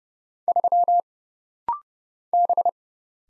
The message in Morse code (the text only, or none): 3 B